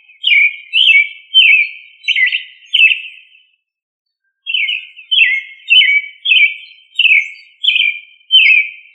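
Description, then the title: Thrush repeating short, ringing notes that drop in pitch, five in a run, a brief silence, then seven more at an even, brisk pace. "Familia Turdidae - Sabia"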